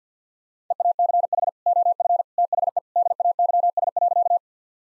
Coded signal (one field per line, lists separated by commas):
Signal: Morse code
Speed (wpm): 50 wpm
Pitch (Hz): 700 Hz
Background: none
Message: EACH OF THE DAYS.